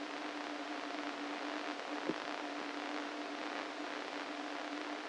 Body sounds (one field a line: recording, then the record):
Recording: brain microelectrode recording played as sound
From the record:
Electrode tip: inside the subthalamic nucleus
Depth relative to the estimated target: 2 mm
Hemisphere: right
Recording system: NeuroSet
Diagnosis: Parkinson's disease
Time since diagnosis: 13 years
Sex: male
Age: 49 years